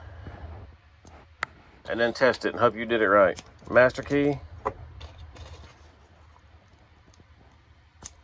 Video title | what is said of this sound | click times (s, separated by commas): Part 2 of re-key and master key a church | Now, you'll turn it back till you hear it click. | 1.4 s